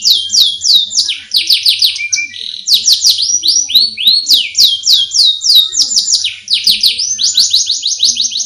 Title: Kicau Kacer